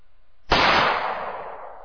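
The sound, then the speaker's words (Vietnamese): A single gunshot cracks out after a brief quiet moment as a man draws a gun, aims it at another man and pulls the trigger; a sharp, loud blast followed by a long hissing tail that slowly fades away. “Rồi rút súng ra, nhắm thẳng vào Dương Phương bóp cò.”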